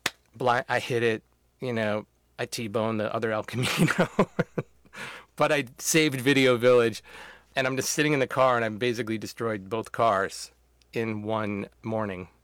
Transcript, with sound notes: I hit it. You know, I T-bone the other El Camino (laughter). But I saved video village. And I'm just sitting in the car, and I basically destroyed both cars in one morning.